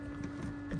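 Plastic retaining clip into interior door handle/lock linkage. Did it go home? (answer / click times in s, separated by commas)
yes / 0.7 s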